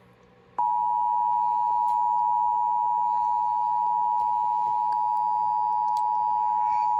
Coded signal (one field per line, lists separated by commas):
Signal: Emergency Alert System (SAME) tones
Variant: 853 and 960 Hz attention tone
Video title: THE END OF 2022 (FT. A CAE)... EAS Alerts from December 2022 (EAS #1,773 - 1,844)